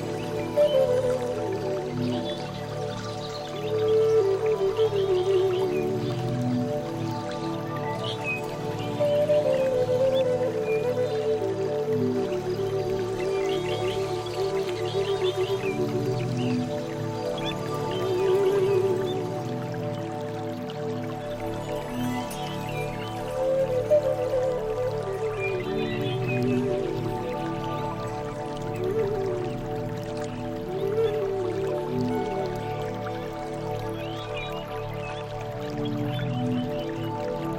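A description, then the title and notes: A slow, wavering flute melody drifts over a steady, sustained musical drone, rising and falling in phrases every few seconds. Soft dripping, watery rainforest sounds sit underneath, with faint bird calls appearing now and then in the high range. Relaxing Music - Flute, Gentle Birds and Rainforest Sound.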